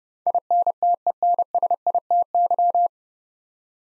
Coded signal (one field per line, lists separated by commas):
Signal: Morse code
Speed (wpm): 30 wpm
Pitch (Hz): 700 Hz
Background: none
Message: INTENSITY